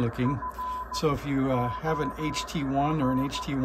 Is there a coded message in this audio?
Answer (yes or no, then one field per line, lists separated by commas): yes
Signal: Morse code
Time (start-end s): 0.3-3.4 s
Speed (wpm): 15 wpm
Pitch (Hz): 1010 Hz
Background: speech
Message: FOR